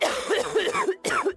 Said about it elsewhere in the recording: A COPD cough doesn't sound that much different from other coughs. Left untreated, a COPD cough could affect how much air your lungs are able to hold. COPD, or chronic obstructive pulmonary disease.